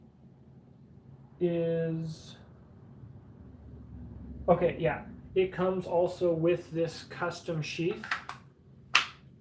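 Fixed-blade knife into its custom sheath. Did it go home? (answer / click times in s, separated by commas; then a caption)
yes / 9.0 s. A fixed-blade hunting knife is pushed into its custom-fitted sheath while someone talks. It snaps home with a sharp click at 9.0 s and sits all the way up in the sheath.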